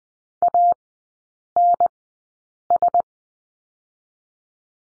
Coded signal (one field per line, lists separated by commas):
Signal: Morse code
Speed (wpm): 20 wpm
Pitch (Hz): 700 Hz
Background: none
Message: A N S